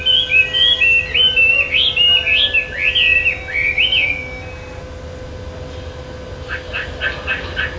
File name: hwa mei